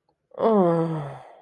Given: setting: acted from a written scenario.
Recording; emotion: vocal sound without words; shame